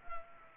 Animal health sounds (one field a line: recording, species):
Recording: mosquito wingbeat signal from an infrared sensor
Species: Anopheles gambiae